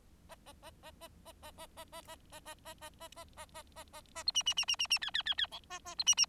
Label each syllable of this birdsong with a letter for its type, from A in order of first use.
A A A A A A A A A A A A A A A A A A A A A A B C C C C C C D D D D E A A B C C